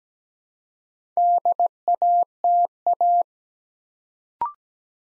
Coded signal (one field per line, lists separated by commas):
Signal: Morse code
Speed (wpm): 17 wpm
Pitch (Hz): 700 Hz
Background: none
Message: DATA